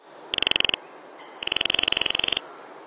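Baillon's crake giving dry, rapid rattling trills, a short burst followed by a longer one of about a second, each made of evenly spaced clicking pulses.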